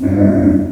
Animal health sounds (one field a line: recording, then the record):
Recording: squeal of a Yucatan mini pig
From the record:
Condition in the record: after surgery on the right vocal fold (resection and tissue-engineered implant)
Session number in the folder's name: 4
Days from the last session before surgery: 26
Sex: female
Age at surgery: 19 weeks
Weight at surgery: 25 kg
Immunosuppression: prednisolone